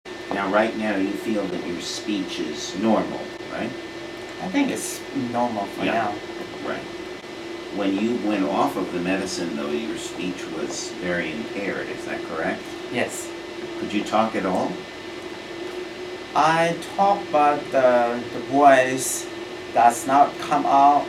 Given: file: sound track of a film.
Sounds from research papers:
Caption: Voice. The patient was 31 years old and was taking 450mg levodopa/day and 4mg trihexyphenidyl per day.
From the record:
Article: An unusual presentation of tyrosine hydroxylase deficiency

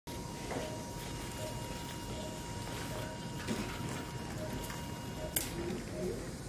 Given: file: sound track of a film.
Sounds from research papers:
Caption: Pulsatile left laterothoracic mass gradually evolving over the past month and a half after a mechanical fall onto the left thorax. A progressive mass is seen with a prominent murmur on auscultation and a pulsatile compressible palpation regarding the sixth and seventh ribs.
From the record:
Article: Late Infected Left Ventricular Pseudoaneurysm Following LVAD Explantation After Trauma

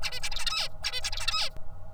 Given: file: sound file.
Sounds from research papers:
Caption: Example of Song Motif from Tutor #38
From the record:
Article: Incomplete and Inaccurate Vocal Imitation after Knockdown of FoxP2 in Songbird Basal Ganglia Nucleus Area X

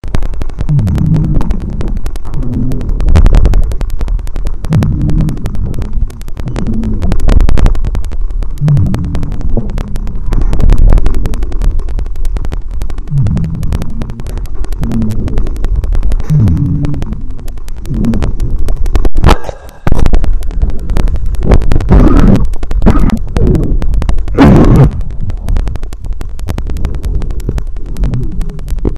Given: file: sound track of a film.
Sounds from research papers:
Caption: Respiratory sounds of patient 1 with heart failure patient recorded by Auscul Pi. Clear wheezes were heard.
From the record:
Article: A Low-Cost, Ear-Contactless Electronic Stethoscope Powered by Raspberry Pi for Auscultation of Patients With COVID-19: Prototype Development and Feasibility Study

